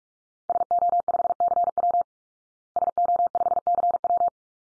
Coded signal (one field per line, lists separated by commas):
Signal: Morse code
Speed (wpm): 44 wpm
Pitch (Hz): 700 Hz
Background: none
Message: SO5CW SO5CW